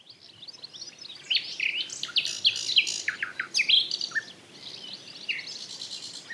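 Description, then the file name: Common nightingale song: a rich, fast burst of chattering clicks, rattles and high whistled notes, fading into quieter trills. "Luscinia megarhynchos"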